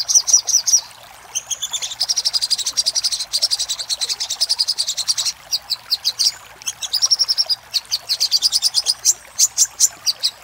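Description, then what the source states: Little spiderhunter: rapid streams of shrill, high repeated notes in long phrases, with short breaks and a few scattered chips. Master recording used for training cage birds.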